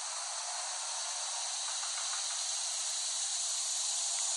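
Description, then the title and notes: Cicadas droning in a continuous, steady high-pitched buzz, rising a little in loudness toward the end. Cicadas recorded in West Brighton, Staten Island, late summer 2008. "The Cicadas of Summer. Recording of cicadas made by Dan Bodah in West Brighton, Staten Island, late summer 2008"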